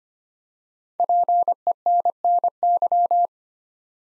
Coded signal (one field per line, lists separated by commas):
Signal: Morse code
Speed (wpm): 25 wpm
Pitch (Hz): 700 Hz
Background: none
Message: PENNY